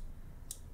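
The plastic wing panels of a transforming ball-form toy are closed onto its body after the head tab has been locked into the tail. A sharp click sounds at 0.5 s, followed by a fainter tick near the end, as the wings snap shut and seat in place.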